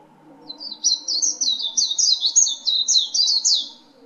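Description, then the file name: White-eye song: a continuous, fast run of high, twittering, slurred notes, jumbled and chattering throughout, with faint low background hum. Wild white-eye singing in the ngalas song style. "peci liar ngalas"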